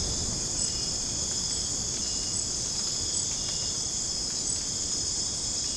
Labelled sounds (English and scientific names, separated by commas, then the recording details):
none
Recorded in dense forest near Puerto Asís, Putumayo, Colombia, on 30 June 2025 at 02:00
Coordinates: 0.486, -76.317
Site G065